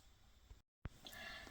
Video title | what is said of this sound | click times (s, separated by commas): How to Sew a Clip-On Dog Walking Bag — Grommet & Magnetic Clasp - GILBERT Pattern | and then click into place | 0.8 s